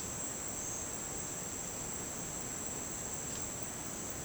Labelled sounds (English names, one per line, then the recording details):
none
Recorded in dense forest near Puerto Asís, Putumayo, Colombia, on 19 June 2025 at 09:30
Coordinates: 0.484, -76.317
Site G045